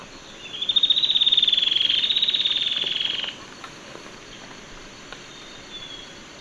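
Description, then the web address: Yellow-breasted antwren song, a rapid high trill of even notes lasting about two and a half seconds, swelling slightly then dropping off abruptly; quiet background otherwise. Recorded in Ecuador. "S America Birds of Ecuador. Yellow-breasted Antwren"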